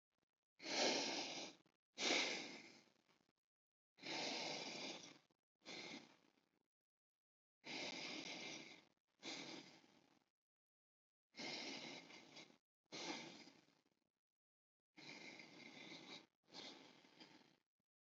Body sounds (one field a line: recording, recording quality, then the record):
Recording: deep breathing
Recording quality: excellent, no background noise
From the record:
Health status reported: healthy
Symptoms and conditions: none ticked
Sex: male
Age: 29 years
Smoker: not ticked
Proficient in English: yes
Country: India